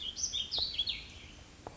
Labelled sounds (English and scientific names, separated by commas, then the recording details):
Warbling Vireo (Vireo gilvus)
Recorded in Sonoma County, California